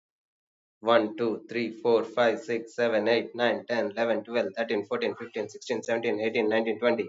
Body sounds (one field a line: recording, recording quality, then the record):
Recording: counting at a fast pace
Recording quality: excellent, no background noise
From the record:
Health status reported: healthy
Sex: male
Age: 29 years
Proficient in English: yes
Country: India